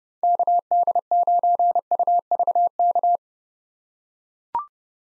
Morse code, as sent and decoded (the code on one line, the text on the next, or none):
-.- -.. ----. ..- ...- -.-
KD9UVK